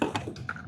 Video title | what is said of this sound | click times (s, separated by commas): Tesla Model 3/Y Ambient Light Strip with Built-In Blind Spot Detection! | Push that in till you hear a nice click | 0.5 s